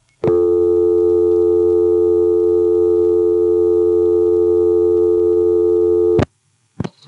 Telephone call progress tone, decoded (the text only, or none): dial tone